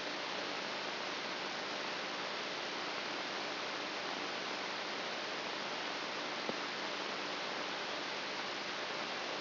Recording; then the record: brain microelectrode recording played as sound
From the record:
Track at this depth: outside the subthalamic nucleus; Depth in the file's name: 1.041 mm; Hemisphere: left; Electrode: 3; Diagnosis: Parkinson's disease